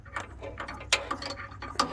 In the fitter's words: push it in until you hear click.